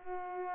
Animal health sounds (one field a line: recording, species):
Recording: mosquito wingbeat signal from an infrared sensor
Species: Culex pipiens